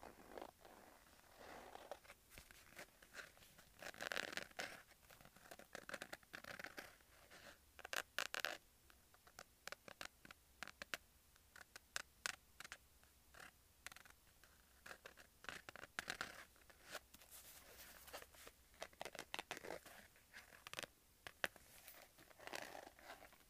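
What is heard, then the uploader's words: Handling of a leather wallet, with quick creaks, rubs and scraping textures that come in irregular bursts throughout. Sharp clicks and snaps punctuate the handling, clustering around eight, twelve and seventeen seconds, with brief quiet pauses between flurries of movement. ASMR Leather Wallet Sounds.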